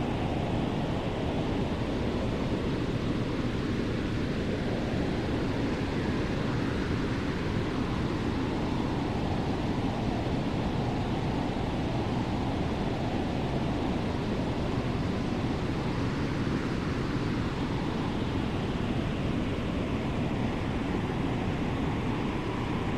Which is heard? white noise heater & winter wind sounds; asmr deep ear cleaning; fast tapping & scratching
white noise heater & winter wind sounds